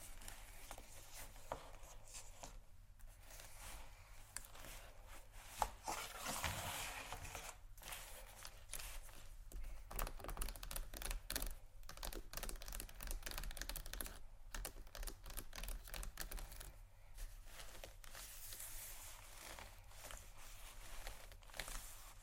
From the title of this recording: Tapping & Scratching Luxury Leather Bags